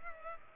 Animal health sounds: mosquito wingbeat signal from an infrared sensor; Culex pipiens

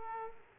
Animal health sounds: mosquito wingbeat signal from an infrared sensor; Aedes aegypti

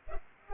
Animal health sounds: mosquito wingbeat signal from an infrared sensor; Culex pipiens

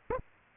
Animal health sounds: mosquito wingbeat signal from an infrared sensor; Aedes aegypti

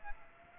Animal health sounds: mosquito wingbeat signal from an infrared sensor; Aedes aegypti

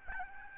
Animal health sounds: mosquito wingbeat signal from an infrared sensor; Aedes albopictus

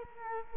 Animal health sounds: mosquito wingbeat signal from an infrared sensor; Culex quinquefasciatus

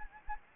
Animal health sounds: mosquito wingbeat signal from an infrared sensor; Anopheles gambiae

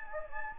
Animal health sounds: mosquito wingbeat signal from an infrared sensor; Anopheles gambiae

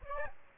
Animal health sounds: mosquito wingbeat signal from an infrared sensor; Aedes albopictus

